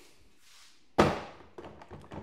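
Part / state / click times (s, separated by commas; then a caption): tool crate onto two half-width modular storage boxes / not seated / none. A plastic ToughBuilt Stack Tech tool crate is set down on top of two half-width modular storage boxes, landing with a loud thunk at 1.0 s followed by a few quieter knocks. The crate fails to lock onto the split stack; nothing has latched or clicked.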